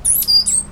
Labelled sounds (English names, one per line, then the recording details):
Stitchbird song
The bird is a male
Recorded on Tiritiri Matangi Island, New Zealand, in 2005
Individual 8, of nest box 10